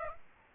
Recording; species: mosquito wingbeat signal from an infrared sensor; Aedes aegypti